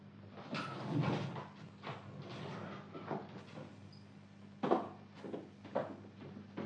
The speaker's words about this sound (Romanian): Du-te tu și te uită. Crapă puțin ușa. Bine, mă duc.